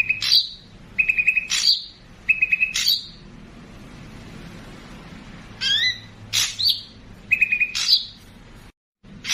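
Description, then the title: Streaked spiderhunter song: short level trills, each ending in a sharp high note, repeated several times with pauses, plus a rising squeaky phrase midway. Lively, clear, long-running song used for training birds. "Pijantung Gunung Gacor Jernih Panjang"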